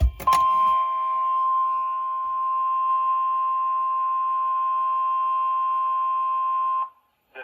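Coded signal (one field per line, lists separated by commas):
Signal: Emergency Alert System (SAME) tones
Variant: 1050 Hz attention tone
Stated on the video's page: Severe thunderstorm watch and warnings from NWS Corpus Christi and Brownsville, aired on NOAA Weather Radio, FM and TV stations; one warning decoded as unrecognized message.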